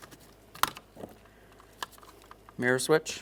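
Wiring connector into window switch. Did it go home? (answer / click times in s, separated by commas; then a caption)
yes / 0.6 s. On the back of a 2012-2015 Honda Civic front door panel, the larger plastic wiring connector is pressed into the window switch and seats with a sharp click at 0.6 s. Fainter ticks follow at about 1.8 s and 2.3 s, and someone talks near the end.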